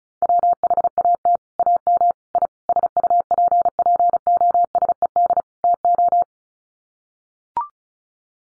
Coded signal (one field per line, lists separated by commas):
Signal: Morse code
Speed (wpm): 34 wpm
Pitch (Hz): 700 Hz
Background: none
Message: WHAT AM I SUPPOSED TO